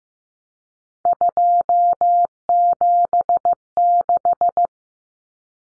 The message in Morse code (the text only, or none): 276